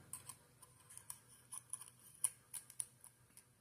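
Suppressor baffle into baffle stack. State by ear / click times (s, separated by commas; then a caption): seated / 2.8 s. A suppressor baffle is turned on the baffle stack, making a run of sharp ratcheting clicks until it twist-locks into place at about 2.8 s. Someone talks.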